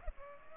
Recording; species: mosquito wingbeat signal from an infrared sensor; Culex pipiens